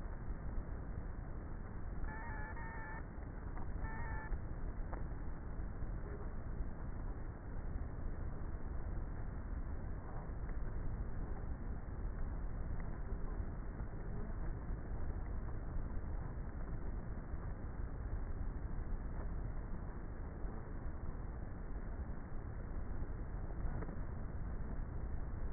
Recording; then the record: honeybee colony, microphone inside the hive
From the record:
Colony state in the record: queenless with a low population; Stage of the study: before two queens were removed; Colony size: about 30,000 bees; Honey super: no